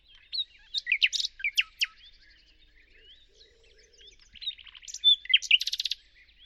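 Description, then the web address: Bird singing loud varied chirps and sweeping notes, a soft pause, then a fast buzzy trill near the end. "birddata Deverinetal 2025 Bird Only Lu Me Lu Me"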